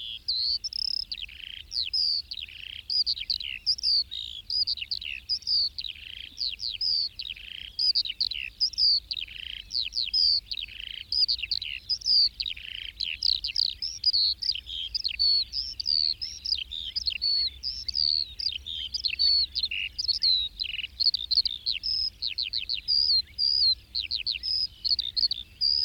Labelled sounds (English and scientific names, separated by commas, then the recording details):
Eurasian Skylark (Alauda arvensis) song
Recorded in captivity
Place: Istria, Dobrogea, RO
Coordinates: 44.57, 28.712
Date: 1976-06-03
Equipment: Nagra III BH, Sennheiser MD 21, parabola
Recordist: Schubert, Michael